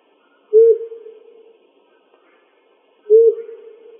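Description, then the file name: Owl giving two low, soft hoots about two and a half seconds apart, each short note trailing off, with no other sounds. Recorded in Arizona on 2005-06-06. "FLOW 2"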